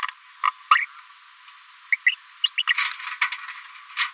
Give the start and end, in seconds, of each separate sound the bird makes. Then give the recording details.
0.47-0.51, 0.71-0.86, 1.92-1.96, 2.06-2.15, 2.44-2.49, 2.58-2.63, 2.67-2.74, 3.22-3.27. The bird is a female. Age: 30 days. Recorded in a nest box in Venezuela. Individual 17B73B2